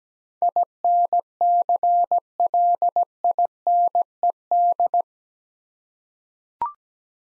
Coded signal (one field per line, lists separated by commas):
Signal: Morse code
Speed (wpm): 17 wpm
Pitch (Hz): 700 Hz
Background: none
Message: INCLINED